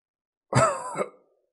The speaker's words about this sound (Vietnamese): Bóng dáng xa xa kia truyền đến tiếng ho khan già nua mà dữ dội, dường như trái tim đều sắp phun ra.